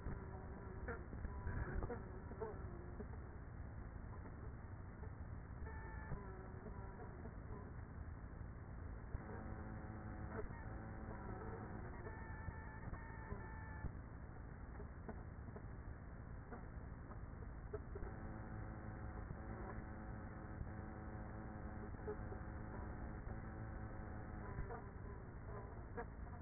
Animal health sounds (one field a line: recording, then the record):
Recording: honeybee colony, microphone inside the hive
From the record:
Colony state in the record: queenless with a low population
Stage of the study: after two queens were removed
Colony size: about 30,000 bees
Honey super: no